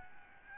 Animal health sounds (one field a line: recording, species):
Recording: mosquito wingbeat signal from an infrared sensor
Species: Aedes albopictus